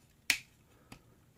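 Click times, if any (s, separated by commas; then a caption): 0.3 s. On a Fans Toys FT-18 Lupus (MP Weirdwolf) transforming figure, a plastic leg panel is flipped over and its tab pushed into a slot in the leg. A sharp snap at 0.3 s marks the tab locking into place, followed by a fainter click near 0.9 s.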